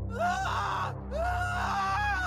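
A man screams in panic twice, each cry rising sharply in pitch and then breaking off, with a brief gap between the two loud, strained yells over a low steady hum.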